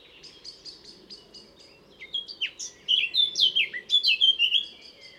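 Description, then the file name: Eurasian blackcap song: a row of thin high chips repeated evenly, then a loud, tumbling warble of clear fluted whistles. "Sylvia atricapilla"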